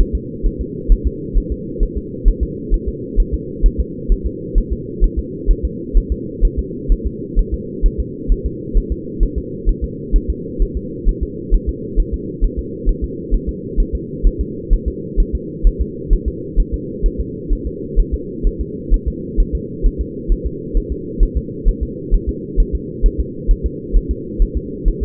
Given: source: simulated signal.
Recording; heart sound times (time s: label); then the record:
fetal heart sounds
0.00 s: S1
0.15 s: S2
0.47 s: S1
0.61 s: S2
0.92 s: S1
1.07 s: S2
1.38 s: S1
1.52 s: S2
1.83 s: S1
1.97 s: S2
2.28 s: S1
2.43 s: S2
2.74 s: S1
2.89 s: S2
3.20 s: S1
3.34 s: S2
3.66 s: S1
3.80 s: S2
4.12 s: S1
4.27 s: S2
4.58 s: S1
4.72 s: S2
5.04 s: S1
5.19 s: S2
5.51 s: S1
5.65 s: S2
5.97 s: S1
6.12 s: S2
6.45 s: S1
6.59 s: S2
6.92 s: S1
7.07 s: S2
7.39 s: S1
7.54 s: S2
7.86 s: S1
8.00 s: S2
8.32 s: S1
8.46 s: S2
8.78 s: S1
8.92 s: S2
9.23 s: S1
9.38 s: S2
9.69 s: S1
9.84 s: S2
10.16 s: S1
10.30 s: S2
10.62 s: S1
10.77 s: S2
11.09 s: S1
11.23 s: S2
11.55 s: S1
11.69 s: S2
12.00 s: S1
12.14 s: S2
12.44 s: S1
12.59 s: S2
12.89 s: S1
13.04 s: S2
13.34 s: S1
13.49 s: S2
13.80 s: S1
13.95 s: S2
14.27 s: S1
14.41 s: S2
14.74 s: S1
14.88 s: S2
15.20 s: S1
15.35 s: S2
15.67 s: S1
15.81 s: S2
16.13 s: S1
16.28 s: S2
16.60 s: S1
16.74 s: S2
17.06 s: S1
17.21 s: S2
17.53 s: S1
17.67 s: S2
18.00 s: S1
18.14 s: S2
18.47 s: S1
18.61 s: S2
18.94 s: S1
19.08 s: S2
19.40 s: S1
19.55 s: S2
19.86 s: S1
20.01 s: S2
20.32 s: S1
20.47 s: S2
20.77 s: S1
20.92 s: S2
21.23 s: S1
21.37 s: S2
21.69 s: S1
21.83 s: S2
22.14 s: S1
22.29 s: S2
22.60 s: S1
22.75 s: S2
23.06 s: S1
23.20 s: S2
23.51 s: S1
23.66 s: S2
23.97 s: S1
24.11 s: S2
24.42 s: S1
24.57 s: S2
24.88 s: S1
25.03 s: S2
From the record:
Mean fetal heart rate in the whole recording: 130 bpm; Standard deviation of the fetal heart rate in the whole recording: 2 bpm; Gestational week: 38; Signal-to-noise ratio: -4.1 dB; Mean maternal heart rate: no maternal heart sound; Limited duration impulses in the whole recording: absent